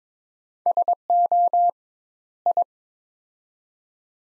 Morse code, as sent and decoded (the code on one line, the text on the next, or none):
... --- / ..
SO I